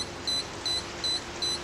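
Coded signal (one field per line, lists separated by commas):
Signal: beep code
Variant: RC car speed controller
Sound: four short high-pitched beeps at regular intervals; the sequence continues past the clip's end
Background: low hum and hiss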